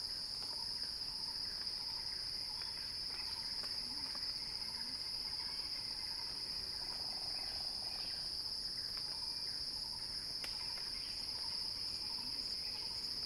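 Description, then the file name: Cicada song, a continuous high buzzing drone held steady throughout, with faint scattered clicks and soft chirps beneath. Cicada song building in a crescendo. "Axel-Drioli Cicada-Crescendo-Sounding-Wild"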